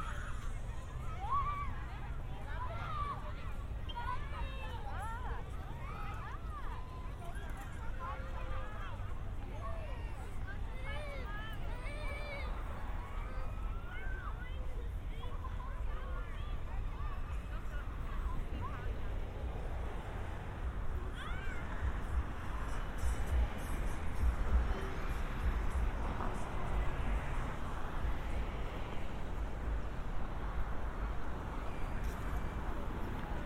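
A binaural walk recording with steady low traffic rumble throughout, scattered voices and chatter, and a busier, louder stretch near the end.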